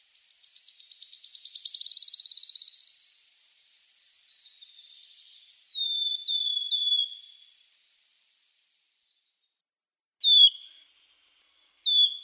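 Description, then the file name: Wood Warbler song: a stuttering trill building into a loud shivering trill, followed by scattered high chips and several clear, downward-sliding piping notes. "Penochka treshhotka"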